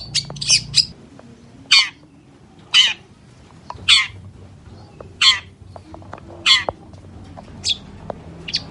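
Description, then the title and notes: Long-tailed shrike giving loud rasping squawks, repeated about once a second with quiet gaps; faint low hum in the background. Long-tailed shrike in morning song with 'toet toet' sound variations; used as a lure to prompt silent, stalled or stressed shrikes to answer within three seconds. "Cendet Gacor Dor Di Kala Pagi Toet Toet Variasi Suara. PANCINGAN CENDET MALAS BUNYI CENDET MACET CENDET STRESS CUKUP 3 DETIK BAKALAN NYAUT BUNYI. Burung cendet"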